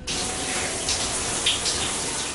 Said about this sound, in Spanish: La ducha, la agüita.